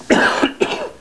People cough.